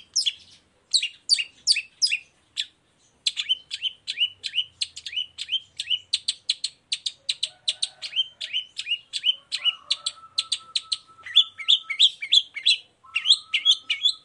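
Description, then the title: Long-tailed shrike song: rapid stream of high chirps, mixed with brief steady whistled tones in the second half. Chatty singing long-tailed shrike in the morning, the song's varied 'toet toet' notes used as a lure to provoke other long-tailed shrikes to answer and sing. "Cendet Gacor Dor Di Kala Pagi Toet Toet Variasi Suara. Pancingan Emosi Cendet Gacor Full Variasi Toet Toet Bikin Nyaut Cendet Lain Langsung Ikutan Bunyi"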